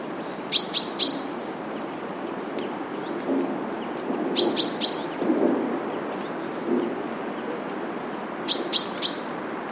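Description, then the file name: Common chaffinch giving sharp ringing notes in groups of three, three bursts spaced several seconds apart, with a steady rushing noise behind. "Fringilla coelebs"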